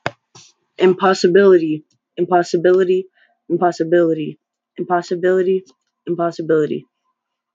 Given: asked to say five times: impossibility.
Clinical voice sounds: repeated word; female; 20 to 29 years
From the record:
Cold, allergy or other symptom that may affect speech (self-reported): no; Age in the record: 23 years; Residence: Texas, United States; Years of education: 12

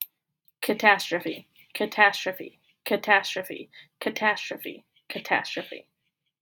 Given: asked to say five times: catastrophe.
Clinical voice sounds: repeated word; female; 20 to 29 years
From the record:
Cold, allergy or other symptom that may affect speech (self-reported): no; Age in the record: 25 years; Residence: Georgia, United States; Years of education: 13

